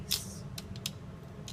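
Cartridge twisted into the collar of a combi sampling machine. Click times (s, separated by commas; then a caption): 0.9 s. A cartridge, its small wings lined up with the collar of a combi sampling machine, is twisted to lock it in place. A few short, bright clicks and scrapes sound over a low steady hum, with the sharpest click at 0.9 s as the cartridge seats.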